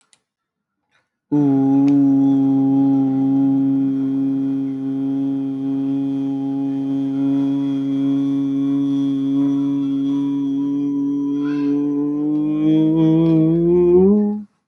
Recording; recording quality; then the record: sustained vowel as in boot; excellent, no background noise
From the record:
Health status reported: healthy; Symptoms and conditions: asthma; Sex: male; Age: 22 years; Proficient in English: yes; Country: India